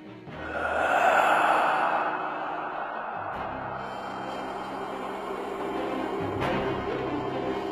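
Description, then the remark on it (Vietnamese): A man, mouth gaping, lets out a long, raspy exhalation that swells and eases into a low, rattling wheeze that lingers, broken near the end by a brief, sharp catch of breath. No one speaks. “Mồm ông cứ thở ra những tiếng khò khè, thỉnh thoảng hơi thở cứ như bị mắc lại mà khổng khọc.”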